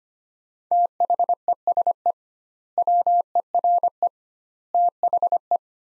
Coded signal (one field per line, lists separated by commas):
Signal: Morse code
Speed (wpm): 25 wpm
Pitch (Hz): 700 Hz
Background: none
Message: THESE WERE THE